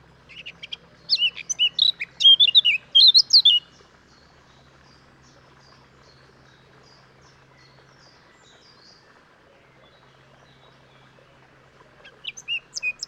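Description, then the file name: Eurasian blackcap song: a dense burst of chattering and warbled notes lasting a few seconds, long quiet gap, then a few whistled notes returning at the end. "Sylvia atricapilla"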